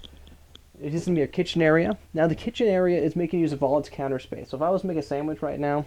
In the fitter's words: and you notice that every time I shut something you hear that latch clicking. That latch makes sure nothing's going to open up in transit.